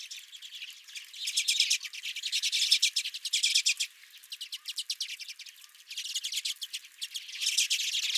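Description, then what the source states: Redpolls giving quick buzzy chips in overlapping bursts, loudest early on, then a quieter gap before the twittering picks up again. Redpolls at the recordist's feeder.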